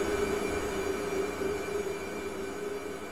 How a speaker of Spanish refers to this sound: Estás escuchando un phaser.